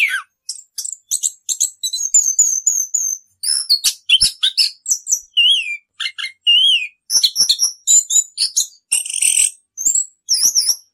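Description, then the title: Orange-headed thrush singing a long varied medley of sharp whistles, buzzy rattles and slurred notes in quick bursts with brief pauses. Rolling song style (ngerol), used as a master recording (masteran) for training caged birds. "Anis Kembang 9. suara anis kembang ngerol"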